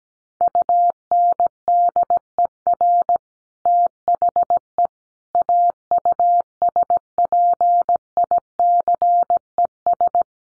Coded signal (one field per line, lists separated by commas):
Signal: Morse code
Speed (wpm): 17 wpm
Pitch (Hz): 700 Hz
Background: none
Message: UNDER THE AUSPICES